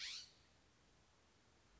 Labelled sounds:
California Scrub-Jay (Aphelocoma californica)
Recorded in Sonoma County, California

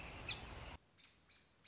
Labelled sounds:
American Robin (Turdus migratorius)
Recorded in Sonoma County, California

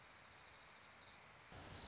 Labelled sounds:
Orange-crowned Warbler (Leiothlypis celata)
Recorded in Sonoma County, California

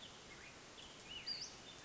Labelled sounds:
Western Flycatcher (Empidonax difficilis)
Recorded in Sonoma County, California

